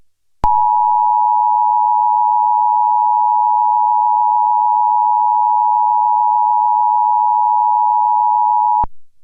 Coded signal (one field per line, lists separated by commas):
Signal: Emergency Alert System (SAME) tones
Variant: 853 and 960 Hz attention tone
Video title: USA EAS (Required Weekly Test) EXTENDED